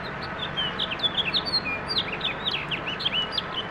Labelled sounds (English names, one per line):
House Finch song